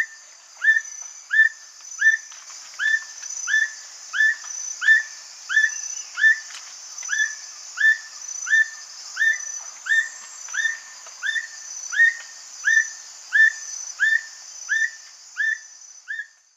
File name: Black Bushbird